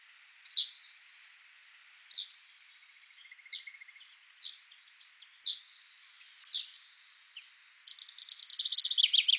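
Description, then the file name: Common chaffinch calls, short sharp notes repeated every one to one and a half seconds, then the start of a rapid rattling song phrase. "Fringilla coelebs"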